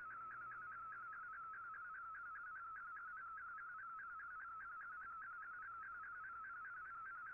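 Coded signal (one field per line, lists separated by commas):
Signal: SSTV (slow-scan television)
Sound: steady warbling tone with rapid regular chirping blips throughout, over background hiss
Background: radio static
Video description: Here is my decode of the Shortwave Radiogram broadcast today on 15770Khz shortwave radio at 1300UTC in MFSK32 and 64 with 10 SSTV images.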